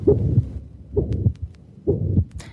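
Regular heartbeats at about 65 a minute, with a humming, tonal sound filling the gap between the first and second heart sounds of each beat. This is a musical systolic murmur, a sign of a heart defect, heard in an adult.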